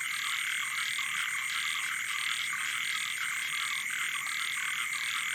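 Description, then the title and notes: Frogs and toads: frogs croaking in a thick, even chorus of repeated pulses, a steady high-pitched drone running beneath. Wild night chorus on the shore of Boeng Thum lake, Cambodia, around 23:00 on 12 December 2018, as human noise fades. "Soirée aux batraciens - Cambodge. 12 décembre 2018 Sur le bord du lac "Boeng Thum" vers 23h00 au moment ou le silence des hommes laisse place au monde sauvage"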